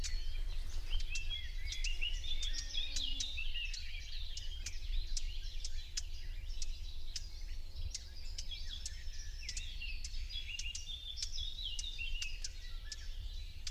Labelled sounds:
Common Whitethroat (Sylvia communis) call

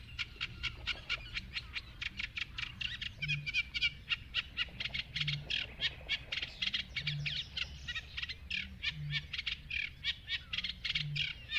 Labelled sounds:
Eurasian Reed Warbler (Acrocephalus scirpaceus)

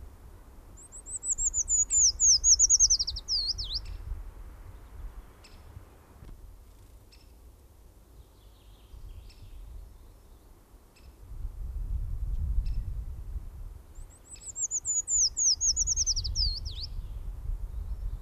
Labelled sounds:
Eurasian Treecreeper (Certhia familiaris) song

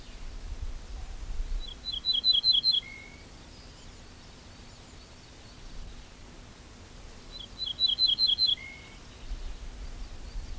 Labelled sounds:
Ortolan Bunting (Emberiza hortulana) song

